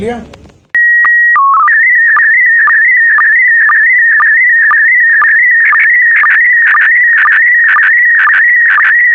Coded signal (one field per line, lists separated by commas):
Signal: SSTV (slow-scan television)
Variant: PD 120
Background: speech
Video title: Krótka fotorelacja LOŚ 2022r + rcv SSTV